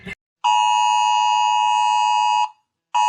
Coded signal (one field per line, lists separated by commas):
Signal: Emergency Alert System (SAME) tones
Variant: 853 and 960 Hz attention tone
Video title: Rating EAS Alarms Part 3